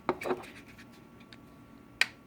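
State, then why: Seated. A plastic flip-top cap on a clear PET paint storage bottle is closed after some brief handling and scraping sounds near the start. It snaps shut with a sharp click at 2.0 s, showing the cap is fully seated.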